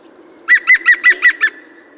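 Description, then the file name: European green woodpecker calling a short burst of six loud ringing notes, evenly spaced, in a quiet background. "Dzięcioł zielony"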